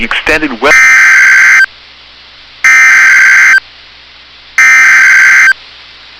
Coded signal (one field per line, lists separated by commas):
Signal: Emergency Alert System (SAME) tones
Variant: header bursts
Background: speech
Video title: [EAS] Severe Thunderstorm Watch #476 for Beltrami County